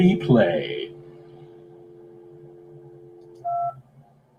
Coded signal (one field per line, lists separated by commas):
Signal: telephone call progress tone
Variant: North America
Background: speech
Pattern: dial tone